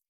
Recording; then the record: hydrophone in a shrimp aquaculture tank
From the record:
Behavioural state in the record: feeding